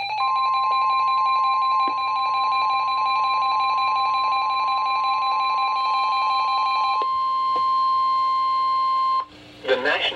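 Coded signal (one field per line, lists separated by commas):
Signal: Emergency Alert System (SAME) tones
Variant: 1050 Hz attention tone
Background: speech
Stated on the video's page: Alerts relayed over NOAA Weather Radio stations: high wind and severe thunderstorm warnings issued by Sterling, VA during a thunderstorm line.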